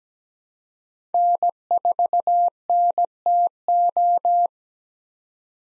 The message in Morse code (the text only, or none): N4NTO